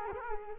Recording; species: mosquito wingbeat signal from an infrared sensor; Culex quinquefasciatus